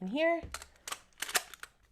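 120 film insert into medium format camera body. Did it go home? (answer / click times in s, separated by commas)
yes / 1.2 s, 1.6 s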